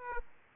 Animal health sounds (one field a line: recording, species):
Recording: mosquito wingbeat signal from an infrared sensor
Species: Aedes aegypti